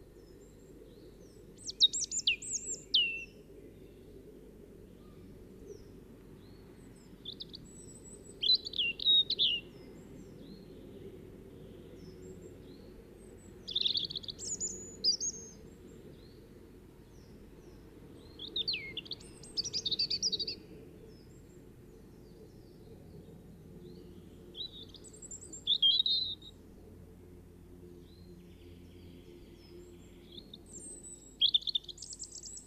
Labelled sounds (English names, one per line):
European Robin song